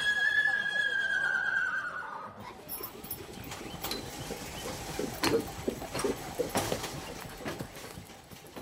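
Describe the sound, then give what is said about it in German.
Hooves clip-clop in a steady, overlapping patter as several horses trot around a horse walker during trotting training work, sharp thuds rising above a dense rustling bed, after a brief high, falling tone at the start. “So, diese Pferde haben jetzt heute hier Trabarbeit. Diese Führmaschine, das ist eine riesengroße Erleichterung für uns in der Arbeit.”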